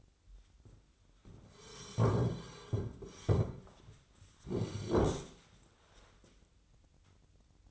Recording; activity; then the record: daily activity, microphone in the room; sit down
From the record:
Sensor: 3